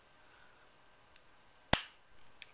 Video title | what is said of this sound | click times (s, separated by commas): Copic tutorial part 1 | There we go. You heard the click. So that actually clicks it into position. | 1.7 s